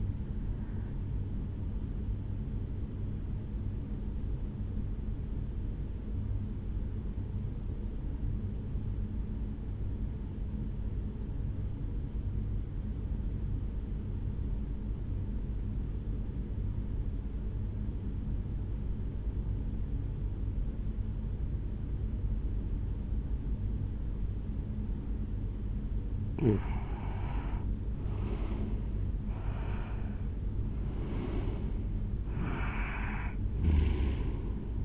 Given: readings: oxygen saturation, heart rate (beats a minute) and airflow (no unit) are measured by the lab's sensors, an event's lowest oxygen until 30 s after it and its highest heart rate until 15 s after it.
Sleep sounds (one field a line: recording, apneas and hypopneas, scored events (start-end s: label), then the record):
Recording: breathing in sleep by a smartphone at the bedside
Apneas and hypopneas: 1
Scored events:
9.00-27.40 s: obstructive apnea (N2, oxygen 96% highest, then 88% lowest, heart rate 58 at the start, 73 highest)
From the record:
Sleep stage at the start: N2 (light sleep)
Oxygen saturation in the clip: 89 to 96%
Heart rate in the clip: 57 to 73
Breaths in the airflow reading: 4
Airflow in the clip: -7.8 to 5.6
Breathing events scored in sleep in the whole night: 449 in 7.0 hours asleep